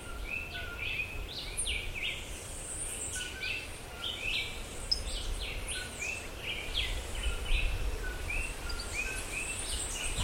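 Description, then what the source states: Birds call continuously, with varied chirps, short whistles and swept notes overlapping above a steady rushing background. Forest.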